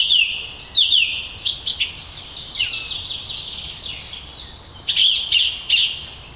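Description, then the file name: Song thrush song: high whistled notes, a few repeated twice, mixed with scratchy trills and brief pauses, against steady hiss. "Turdus philomelos - Song Trush"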